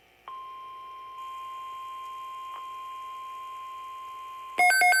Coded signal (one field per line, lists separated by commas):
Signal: Emergency Alert System (SAME) tones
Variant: 1050 Hz attention tone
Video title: EAS #1,636 NOAA Weather Radio (WR-400) Severe Thunderstorm Watch #606 8/6/24 1:49 PM EDT